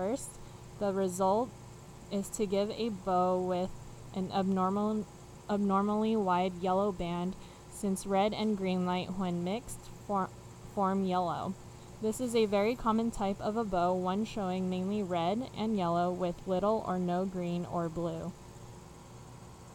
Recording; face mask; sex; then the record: reading aloud; none; female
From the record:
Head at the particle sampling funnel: facing it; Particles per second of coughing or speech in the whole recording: 0.54